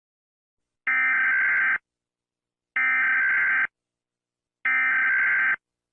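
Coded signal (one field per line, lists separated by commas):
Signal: Emergency Alert System (SAME) tones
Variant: header bursts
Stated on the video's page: Fictional EAS scenario, not a real alert.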